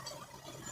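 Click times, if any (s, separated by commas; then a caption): none. A metal firing pin retainer is handled and pressed toward its place in a pistol slide during reassembly of the firing unit, with faint, steady mechanical handling noise. Nothing has seated or clicked yet.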